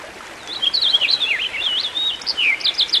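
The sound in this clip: Songbird song as a continuous warbling run of rising and falling whistled notes, ending in a few rapid repeated chirps, over faint background hiss.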